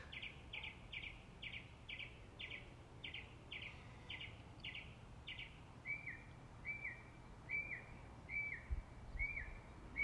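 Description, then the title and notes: Birds singing: a clear series of short notes repeated rapidly, changing midway to sliding whistled phrases. Morning birdsong. "6 minutes of birds 🐦 singing. Good Morning"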